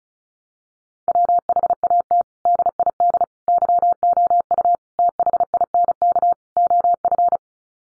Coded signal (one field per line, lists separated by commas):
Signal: Morse code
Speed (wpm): 34 wpm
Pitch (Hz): 700 Hz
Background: none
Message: WHAT DID YOU THINK OF